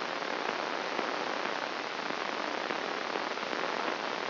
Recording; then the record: brain microelectrode recording played as sound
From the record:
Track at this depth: outside the subthalamic nucleus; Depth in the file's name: 2.972 mm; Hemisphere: left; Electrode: 3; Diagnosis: Parkinson's disease